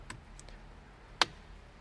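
A wiring multi-plug connector is pushed into the steering wheel clock spring of an Audi A1 during an airbag clock spring/squib replacement. A few faint ticks come early, then one loud, sharp plastic click at 1.2 s as the first multi-plug seats fully.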